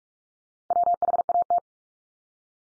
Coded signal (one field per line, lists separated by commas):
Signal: Morse code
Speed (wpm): 44 wpm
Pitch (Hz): 700 Hz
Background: none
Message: WHAT